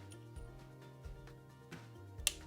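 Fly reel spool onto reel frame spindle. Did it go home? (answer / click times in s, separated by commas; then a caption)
yes / 2.3 s. A fly reel spool is lined up with the grooves on the reel frame pin and twisted onto the spindle over a steady background of music, with a few soft taps and handling sounds. A single sharp, loud click at 2.3 s marks the spool seating into place on the frame.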